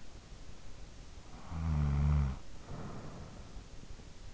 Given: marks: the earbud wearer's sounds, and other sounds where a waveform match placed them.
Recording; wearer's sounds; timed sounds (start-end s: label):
sounds in sleep by an in-ear microphone; snoring breath
1.07-4.17 s: snoring breath